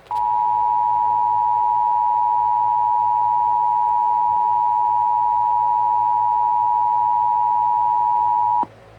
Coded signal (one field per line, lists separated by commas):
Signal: Emergency Alert System (SAME) tones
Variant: 853 and 960 Hz attention tone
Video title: Severe Thunderstorm Warning EAS from 820 AM WBAP via 99.5 HD 2 on 6/19/2020